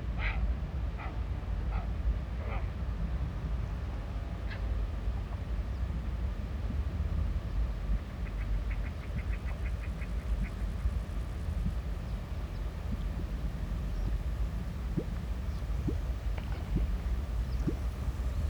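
A floodplain scene with a steady low rumble throughout, sparse bird chirps early, a quick trill near ten seconds, and faint clicks later.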